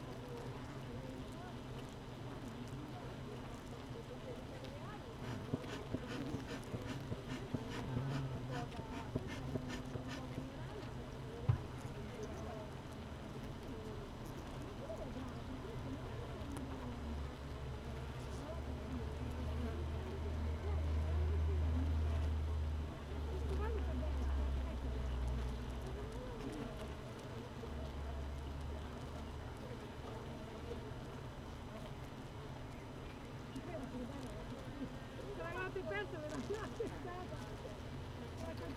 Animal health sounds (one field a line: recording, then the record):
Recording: honeybee colony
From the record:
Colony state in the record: missing queen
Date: 31 May 2018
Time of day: 16:04